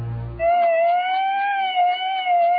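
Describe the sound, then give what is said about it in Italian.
An ambulance siren wails loudly in a sustained, gently wavering tone, following a brief low rumble at the very start, with no voices. “Sì, l'avrete riconosciuto, è l'ambulanza di Mafiopoli.”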